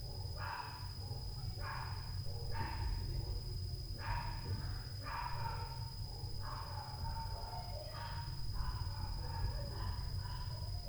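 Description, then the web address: Dog gives several gruff barks in a steady run over a low rumble and a constant high whine. Night noise in 2022 at 23:26; the dog has been making noise since 22:00. "zone 51 2022 Night Noise 07-10 23 H 26 KIDS DOG NOISE since 22 H 00"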